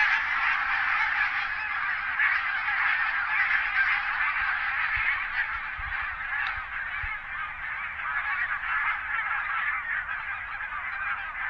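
Bird honks: a dense, continuous chorus of many overlapping nasal honking calls from a large flock, steady throughout with no pauses.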